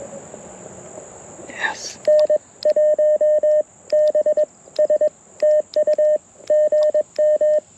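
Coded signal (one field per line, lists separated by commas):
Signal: Morse code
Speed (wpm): 21 wpm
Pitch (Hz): 590 Hz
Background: speech, radio noise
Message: N1BS TU GM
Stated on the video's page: QRP CW Parks on the Air activation using a Mountain Topper radio and end fed half wave antenna.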